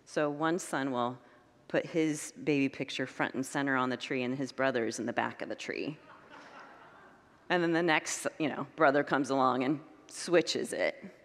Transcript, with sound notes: So, one son will put his baby picture front and center on the tree and his brother is in the back of the tree. [Congregants laugh] And then the next brother comes along and switches it.